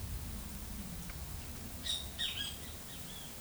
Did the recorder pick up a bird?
yes